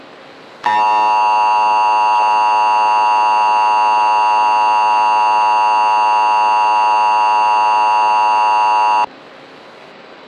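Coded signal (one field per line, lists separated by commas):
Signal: Emergency Alert System (SAME) tones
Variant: 853 and 960 Hz attention tone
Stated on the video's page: Fictional EAS scenario that may contain actual EAS tones.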